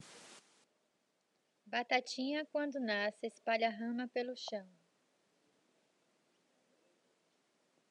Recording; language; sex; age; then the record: short text; Brazilian Portuguese; female; 50 to 59 years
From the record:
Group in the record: control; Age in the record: 53 years